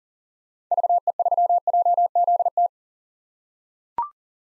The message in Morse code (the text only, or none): VE3JZT